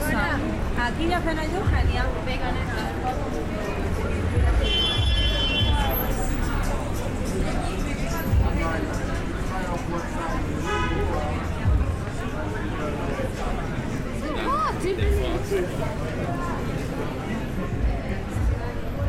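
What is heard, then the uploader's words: Busy Soho street at night: steady dense crowd chatter with overlapping voices, a few brief bright tones near five and fifteen seconds. A bustling binaural walk through London's Soho. Londoners and tourists fill the streets, bars and clubs on a Saturday night.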